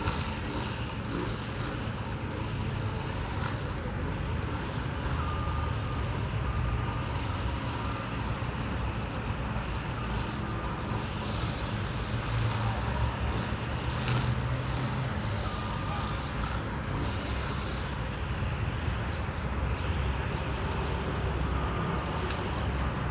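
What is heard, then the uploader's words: A busy city morning with traffic and crowds: a steady, dense low rumble of passing vehicles runs throughout without pause. Murmured voices and scattered brighter clicks and knocks rise through it, with short bursts of activity around 6, 11, 14 and 17 seconds. It features a busy city morning ambiance with crowds and traffic.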